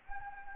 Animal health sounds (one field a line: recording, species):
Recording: mosquito wingbeat signal from an infrared sensor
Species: Anopheles gambiae